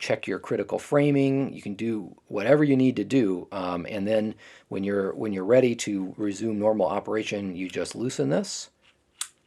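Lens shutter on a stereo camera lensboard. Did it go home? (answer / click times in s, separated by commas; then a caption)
yes / 9.2 s. Someone talks while loosening the holding piece on a TLR lens shutter mounted on a Mercury Stereo 12 stereo camera lensboard, after holding it open to preview the aperture for ground-glass focusing. The shutter snaps back closed with a single sharp click at 9.2 s, and it is seated.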